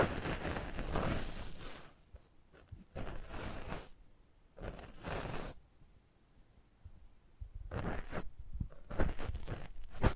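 Bursts of scraping, crunchy handling noise on a microphone come in irregular clumps, loud early and again near the end, with quiet gaps.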